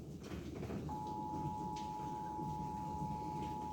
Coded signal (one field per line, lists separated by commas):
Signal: Emergency Alert System (SAME) tones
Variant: 853 and 960 Hz attention tone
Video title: EAS Severe Thunderstorm Warning 2